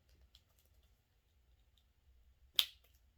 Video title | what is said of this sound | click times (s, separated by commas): Just Open It! #13: McFarlane Toys' The Dark Knight Returns Robin | okay you heard that snap it is in so | 2.6 s